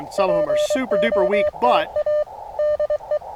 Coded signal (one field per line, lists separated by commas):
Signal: Morse code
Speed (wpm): 23 wpm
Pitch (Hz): 600 Hz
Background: speech, radio noise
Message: POTA DE